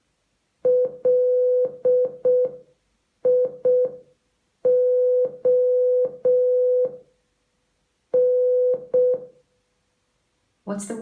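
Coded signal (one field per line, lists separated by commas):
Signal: Morse code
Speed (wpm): 6 wpm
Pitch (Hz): 500 Hz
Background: speech, music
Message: LION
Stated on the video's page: Morse code generated by an Amazon Echo Alexa skill as a teaching aid.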